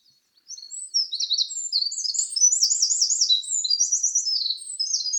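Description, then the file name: Eurasian wren bursting into a rapid, high-pitched song of tumbling notes and machine-gun trills that runs without pause for nearly five seconds. "Troglodytes troglodytes"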